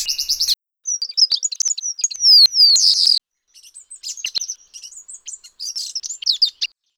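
Bird calls in a fast, high-pitched series of chirps and sweeping whistles, some slurred downward, continuing in bursts with a few short pauses.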